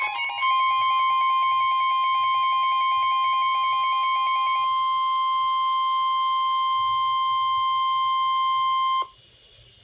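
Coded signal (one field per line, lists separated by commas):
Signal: Emergency Alert System (SAME) tones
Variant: 1050 Hz attention tone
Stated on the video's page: Special Marine Warning from weather radio KIH28, Mount Holly, New Jersey forecast office.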